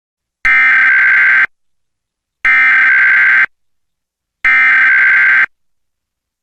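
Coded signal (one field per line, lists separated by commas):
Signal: Emergency Alert System (SAME) tones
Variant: header bursts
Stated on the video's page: Mock reenactment of a Texas Required Monthly Test using valid EAS tones.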